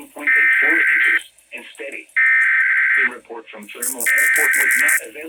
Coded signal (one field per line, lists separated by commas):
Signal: Emergency Alert System (SAME) tones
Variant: header bursts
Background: speech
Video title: MORE AND MORE WEEKLIES! NOAA Weather Radio EAS: Required Weekly Test (EAS #1,193-1,194)